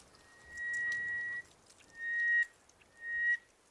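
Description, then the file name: Greater hoopoe-lark whistling three level, pure notes, the first longest, over a steady hiss of background noise. Recorded at an oasis in Egypt. "ghooplark-alaudipes-S egy A-oase"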